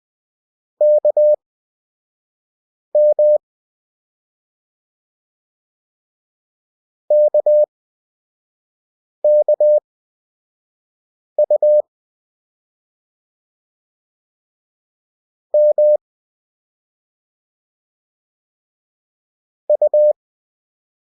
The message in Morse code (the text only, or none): KM KKU M U